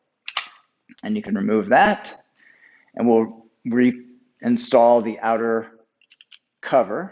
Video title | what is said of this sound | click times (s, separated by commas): 2019+ Nissan Altima 4-dr Sedan with Thule Evo Clamp + Wingbar Evo Roof Rack Crossbars | handle will click indicating it's fully tightened to the to the proper torque | 0.3 s, 0.4 s